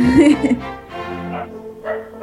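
A dog howls in long, wavering, tuneful tones along with music, the cry loudest at the start and then sustained in a steady, singing pitch.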